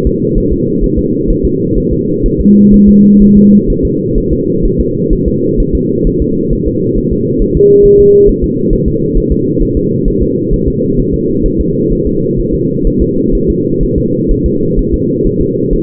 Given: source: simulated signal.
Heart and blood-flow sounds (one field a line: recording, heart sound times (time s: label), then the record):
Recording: fetal heart sounds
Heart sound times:
0.07 s: S2
0.38 s: S1
0.53 s: S2
0.84 s: S1
0.98 s: S2
1.31 s: S1
1.45 s: S2
1.78 s: S1
1.93 s: S2
2.26 s: S1
2.41 s: S2
2.74 s: S1
2.89 s: S2
3.22 s: S1
3.37 s: S2
3.70 s: S1
3.85 s: S2
4.18 s: S1
4.33 s: S2
4.66 s: S1
4.80 s: S2
5.13 s: S1
5.28 s: S2
5.60 s: S1
5.75 s: S2
6.07 s: S1
6.22 s: S2
6.53 s: S1
6.68 s: S2
6.98 s: S1
7.13 s: S2
7.42 s: S1
7.57 s: S2
7.86 s: S1
8.00 s: S2
8.29 s: S1
8.44 s: S2
8.73 s: S1
8.88 s: S2
9.17 s: S1
9.32 s: S2
9.63 s: S1
9.77 s: S2
10.08 s: S1
10.23 s: S2
10.54 s: S1
10.68 s: S2
11.00 s: S1
11.14 s: S2
11.46 s: S1
11.61 s: S2
11.92 s: S1
12.07 s: S2
12.40 s: S1
12.54 s: S2
12.87 s: S1
13.02 s: S2
13.35 s: S1
13.50 s: S2
13.83 s: S1
13.98 s: S2
14.31 s: S1
14.46 s: S2
14.79 s: S1
14.94 s: S2
15.27 s: S1
15.41 s: S2
15.73 s: S1
From the record:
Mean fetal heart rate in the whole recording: 130 bpm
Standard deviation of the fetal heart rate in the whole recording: 4 bpm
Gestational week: 38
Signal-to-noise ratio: -11.2 dB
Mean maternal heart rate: 72 bpm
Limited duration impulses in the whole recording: present